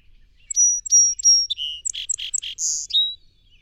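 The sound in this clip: Song sparrow song: three clear, high whistled notes, then a lower buzzy note, a run of rough chips, and a final high buzz and slurred note.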